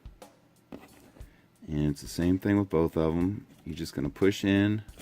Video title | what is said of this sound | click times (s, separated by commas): Star Wars Episode 1 The Phantom Menace STAP and Battle Droid | and you just push till you hear click. | 0.7 s